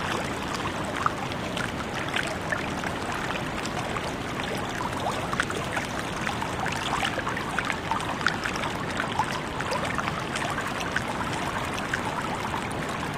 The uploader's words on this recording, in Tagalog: Mga Tunog ng Tubig sa Greece. Ito ay isang napakagandang araw ng tag-init. Banayad na paghampas ng tubig. Mga tunog ng karagatan.